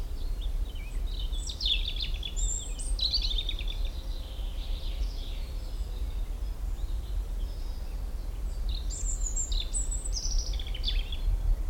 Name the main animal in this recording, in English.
European Robin